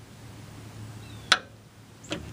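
A click-type torque wrench tightens a leaf spring bolt or nut during leaf spring installation on a 1966 Ford Thunderbird, with a steady low hum in the background. After a little more tightening, the wrench breaks over with one sharp, loud click at 1.3 s, confirming it has reached its torque setting. A fainter, softer knock follows at about 2.1 s.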